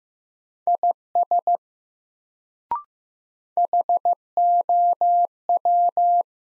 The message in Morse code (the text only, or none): IS HOW